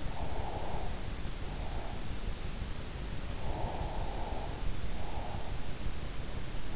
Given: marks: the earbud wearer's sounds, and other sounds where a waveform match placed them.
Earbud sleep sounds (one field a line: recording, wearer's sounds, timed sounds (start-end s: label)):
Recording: sounds in sleep by an in-ear microphone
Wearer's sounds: breath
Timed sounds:
0.14-2.05 s: breath
3.51-5.53 s: breath